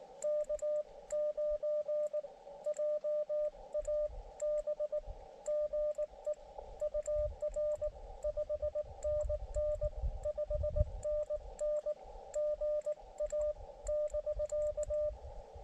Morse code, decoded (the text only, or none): K9JAB GE UR 5NN 5NN GA <BK>